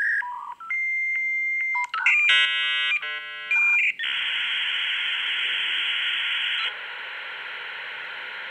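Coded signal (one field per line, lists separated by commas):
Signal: dial-up modem handshake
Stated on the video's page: 56k modem handshake.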